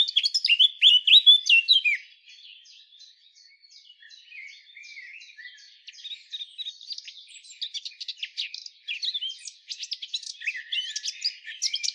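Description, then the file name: Eurasian blackcap warbling: a loud, fast burst of varied notes, then a quieter, scratchy stretch, then livelier chattering phrases toward the end. "Sylvia atricapilla"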